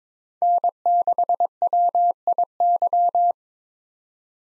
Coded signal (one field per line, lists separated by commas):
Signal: Morse code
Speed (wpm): 22 wpm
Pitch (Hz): 700 Hz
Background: none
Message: N6WIY